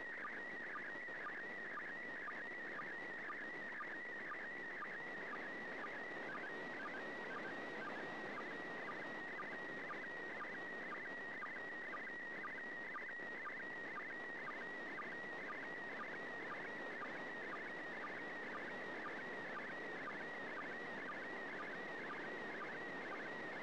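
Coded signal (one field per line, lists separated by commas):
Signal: SSTV (slow-scan television)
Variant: PD120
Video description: Transmissions should be on the standard frequency of 145.800 MHz and in the PD 120 format.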